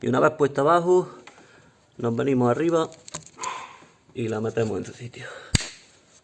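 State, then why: Not seated. Someone talks while handling a crankcase ventilation hose with a plastic quick connector, bringing it toward the PCV valve on a BMW M54 engine, with a few brief handling knocks around 3.2 s and 5.6 s. Nothing has seated or clicked yet.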